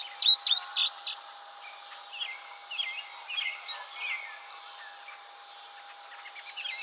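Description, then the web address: Indigo bunting song: a bright burst of high slurred chirps in the first second, then fainter scattered chirps against a steady hiss. 26 June 2007. "Indigo Bunting 2007 06 26 Indigo Bunting"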